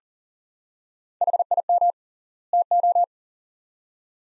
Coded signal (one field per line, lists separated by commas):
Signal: Morse code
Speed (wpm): 40 wpm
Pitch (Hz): 700 Hz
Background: none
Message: HIM TO